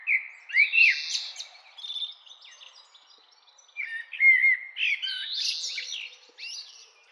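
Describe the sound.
Bird singing a varied warble of whistled slurs and sharp chirps, with a short lull in the middle.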